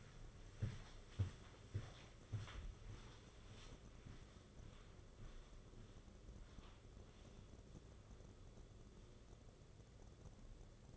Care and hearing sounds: daily activity, microphone in the room; walk to room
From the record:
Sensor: 4

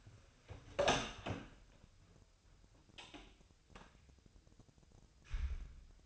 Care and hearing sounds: daily activity, microphone in the room; open door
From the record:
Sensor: 2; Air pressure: 1007.4 hPa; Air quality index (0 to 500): 182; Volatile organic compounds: 10 ppm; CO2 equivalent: 2234 ppm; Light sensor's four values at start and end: 10/23/10/10 and 10/24/10/10

